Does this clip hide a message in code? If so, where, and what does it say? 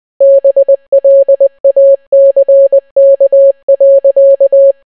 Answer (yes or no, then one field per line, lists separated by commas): yes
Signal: Morse code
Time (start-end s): 0.2-4.7 s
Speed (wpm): 20 wpm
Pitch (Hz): 550 Hz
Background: none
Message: BLACK.